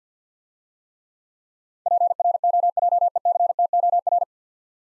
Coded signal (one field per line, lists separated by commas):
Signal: Morse code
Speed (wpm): 50 wpm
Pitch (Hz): 700 Hz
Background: none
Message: PROJECTOR